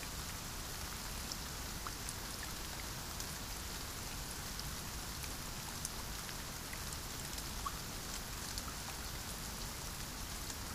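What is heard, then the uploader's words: Soft rain falls steadily throughout, a dense, even hiss with a low rumble underneath. Tiny brighter taps of individual drops sprinkle across the whole stretch without any build or pause. The level stays constant and close, with no other sounds. Soft rain. INT. ROOM. NIGHT.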